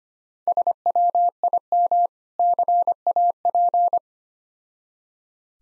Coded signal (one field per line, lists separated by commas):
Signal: Morse code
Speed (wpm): 25 wpm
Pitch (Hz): 700 Hz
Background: none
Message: SWIM CAP